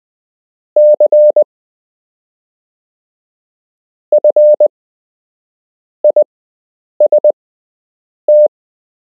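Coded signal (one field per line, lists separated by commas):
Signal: Morse code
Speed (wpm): 20 wpm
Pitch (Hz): 600 Hz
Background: none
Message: CF IST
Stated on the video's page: Beginner's Morse code lesson with a structured lesson plan, part 5 of 8.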